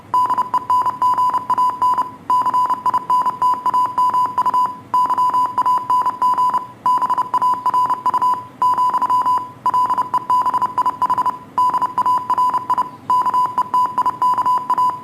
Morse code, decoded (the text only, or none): DENGAN CINTAMU YANG BARU , LEBIH DARI KETIKA